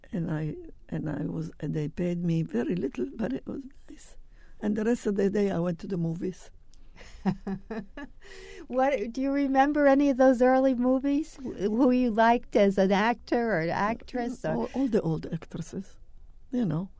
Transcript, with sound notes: and I — and I was — and they paid me very little, but it was nice. And the rest of the day I went to the movies.
[Laughs] What — do you remember any of those early movies? Who you liked as an actor or actress or —
Oh, all the old actresses, you know.